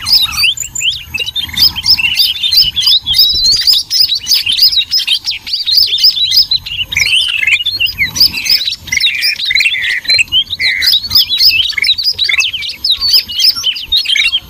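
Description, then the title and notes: Birds chirping in a dense, noisy chorus: many high, quick twittering notes overlapping continuously with no pauses, sharp squeaks and trills layered throughout. Noisy bird chatter used for luring (pikat) birds. "Master Burung Ribut. Burung Ribut Pikat"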